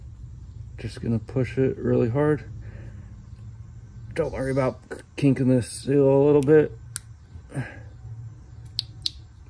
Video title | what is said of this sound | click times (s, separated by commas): Rebuilding all Soft Top Hydraulics on Mercedes R129 SL500 | it needs to go in some way and like that it just popped into place you heard it click or | 8.8 s